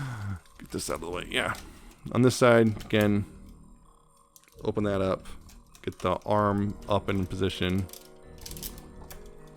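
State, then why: Not seated. Someone talks while handling an articulated plastic arm joint on a FansToys FT-61 Inquisitor transforming robot figure, moving parts aside, opening a section and raising the arm into position, with background music and small plastic clicks and taps throughout. The arm has not yet clicked into place; nothing has seated by the end.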